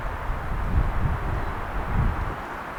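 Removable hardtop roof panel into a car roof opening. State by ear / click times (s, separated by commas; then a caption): not seated / none. A removable hardtop roof panel on a Ferrari 360 is being lined up so its two front inserts go into the gaps in the windshield frame. Only low, muffled rumbling and handling noise with wind-like background is heard. Nothing has seated or clicked yet, because the panel is only lined up and has not been pushed down.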